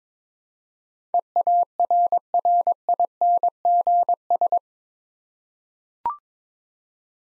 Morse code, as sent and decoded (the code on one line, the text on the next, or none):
. .- .-. .-. .. -. --. ...
EARRINGS